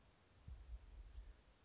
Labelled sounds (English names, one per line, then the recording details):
Chestnut-backed Chickadee
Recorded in Sonoma County, California